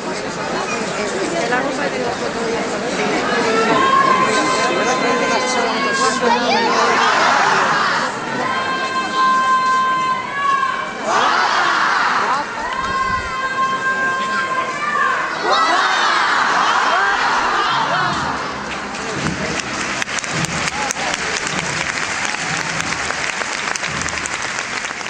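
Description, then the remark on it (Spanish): A large crowd at the Macarena's procession exit in Seville during Holy Week roars and applauds continuously, with sustained shouted cheers of "guapa" swelling out of the din in about three waves before settling into steady clapping and chatter. “Los vítores que escuchamos a la salida de la Macarena en Sevilla, en la que se le grita tres veces guapa, es la forma en la que se acercan los feligreses en todo el procesionado que tiene la Virgen durante la Semana Santa sevillana”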